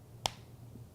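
A second closed wall-mount fastener is dropped into the install tool pocket and pressed down with the thumb. One sharp click is heard at 0.3 s as it seats in the pocket, over a low steady hum.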